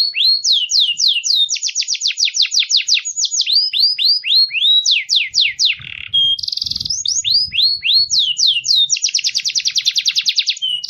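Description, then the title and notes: Songbird song of rapid downslurred whistled notes in quick runs, broken by a brief buzzy burst, ending in a fast, dense rattling trill. Complete songbird song, used for training songbirds. "Master Burung Kicau. Masteran Burung Kicau Lengkap"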